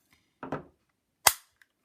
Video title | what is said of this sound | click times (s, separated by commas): KWC P.08 Luger .177 - Full Review + Field Strip | there we go nice positive click | 1.3 s